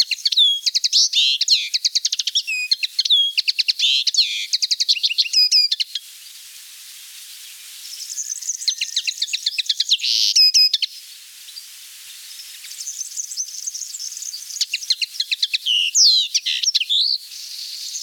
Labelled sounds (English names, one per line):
Common Linnet song